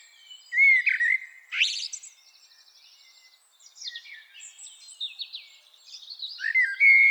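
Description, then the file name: Common blackbird song, varied phrases of whistled notes followed by high squeaky twittering, with short pauses between phrases. "Turdus merula"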